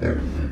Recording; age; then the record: pig call; growing-finishing pig (85 days or more)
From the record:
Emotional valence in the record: negative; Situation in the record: barren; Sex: female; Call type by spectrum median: low-frequency call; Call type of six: low-frequency stable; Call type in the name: low-frequency stable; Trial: 3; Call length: 0.52 s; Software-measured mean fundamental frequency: 65 Hz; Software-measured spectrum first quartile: 86 Hz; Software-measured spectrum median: 218 Hz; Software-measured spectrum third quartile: 488 Hz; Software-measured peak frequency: 74 Hz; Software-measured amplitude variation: 133 dB a second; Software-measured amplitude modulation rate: 24.0 a second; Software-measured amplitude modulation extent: 5.6 dB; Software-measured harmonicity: -3.2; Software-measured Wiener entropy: -0.91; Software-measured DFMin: 993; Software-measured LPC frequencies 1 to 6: 422, 1585, 2139, 3394, 4826, 5663 Hz